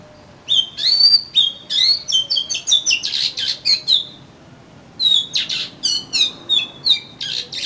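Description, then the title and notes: Oriental magpie-robin song in two rich bursts of clear whistles and rasping chatter, split by a short pause. Indonesian name kacer; a collection of kacer bird sounds. "suara kacer. kumpulan suara burung kacer"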